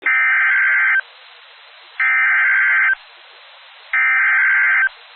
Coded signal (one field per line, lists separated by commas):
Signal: Emergency Alert System (SAME) tones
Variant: header bursts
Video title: Severe Thunderstorm Warning (Alamance, Durham, Orange, Person Counties, NC) (8/1/25) [EAS #204]